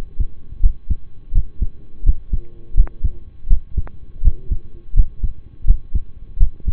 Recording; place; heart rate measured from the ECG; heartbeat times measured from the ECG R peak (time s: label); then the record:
heart sounds by stethoscope; between the tricuspid and mitral areas; 83 bpm
0.60 s: heartbeat
1.32 s: heartbeat
2.03 s: heartbeat
2.74 s: heartbeat
3.47 s: heartbeat
4.22 s: heartbeat
4.94 s: heartbeat
5.65 s: heartbeat
6.38 s: heartbeat
From the record:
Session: rest, lying down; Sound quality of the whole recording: partially saturated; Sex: male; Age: 25 years